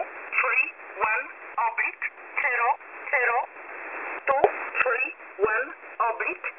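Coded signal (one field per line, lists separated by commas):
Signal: numbers station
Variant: E11 Oblique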